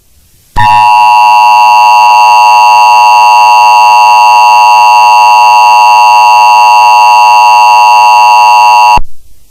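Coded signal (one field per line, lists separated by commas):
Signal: Emergency Alert System (SAME) tones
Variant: 853 and 960 Hz attention tone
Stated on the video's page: Fictional EAS scenario with simulated alert tones about a war of gods across California.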